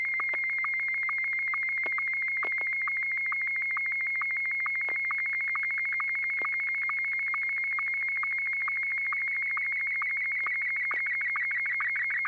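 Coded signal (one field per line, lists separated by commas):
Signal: SSTV (slow-scan television)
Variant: Martin 1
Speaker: I'm going to break with the tradition and do this one in Martin 1. N6YG.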